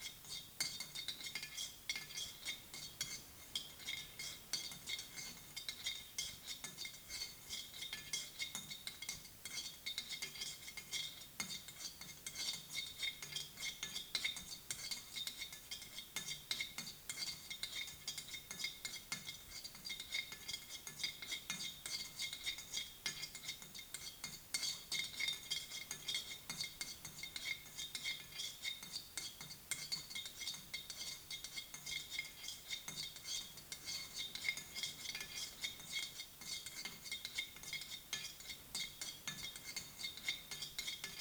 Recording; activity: daily activity, guitar pickup as the sensor; fry